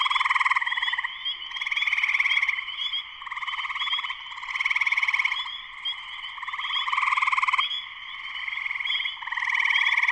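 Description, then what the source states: Spring peepers in full chorus, an unbroken high piping tone with recurring pulsing trilled swells. Spring peepers in full chorus shortly after sunset, Sleeping Bear Dunes National Lakeshore, northern Michigan, USA.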